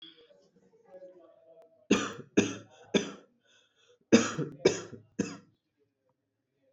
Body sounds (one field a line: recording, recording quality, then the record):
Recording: shallow voluntary cough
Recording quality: excellent, no background noise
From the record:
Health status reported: COVID-19 positive, mild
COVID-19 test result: positive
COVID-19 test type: RT-PCR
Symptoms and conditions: cold, sore throat, fever, fatigue, muscle pain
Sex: male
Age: 26 years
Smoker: no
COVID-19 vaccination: both doses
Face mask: not worn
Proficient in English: yes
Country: India